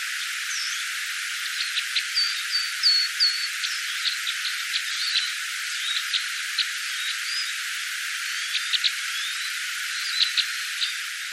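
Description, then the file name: Red crossbill giving short, sharp call notes, some single and some in quick clusters, over a steady loud hiss. "isuka"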